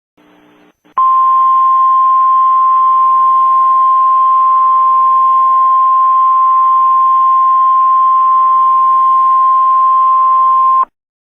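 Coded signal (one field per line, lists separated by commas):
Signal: Emergency Alert System (SAME) tones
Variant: 1050 Hz attention tone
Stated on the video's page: Comedy parody alert, not a real one.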